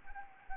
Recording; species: mosquito wingbeat signal from an infrared sensor; Anopheles gambiae